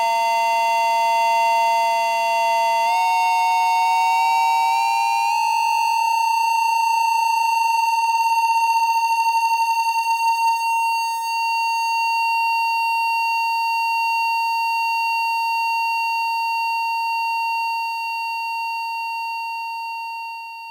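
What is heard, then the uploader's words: Internal audio feedback, a piercing electronic tone that shifts upward in a few steps during the first five seconds, then locks onto one steady high pitch. After that the constant drone holds unchanged until the end, with no other sounds. Study for No-Input Mixer #4 (2023)- one voice. This piece was recorded on July 5, 2023 at Studio kHz. I used only 1 channel without input with internal audio feedback and a constant high drone as a background, controlled by faders and knobs with amazing resolution.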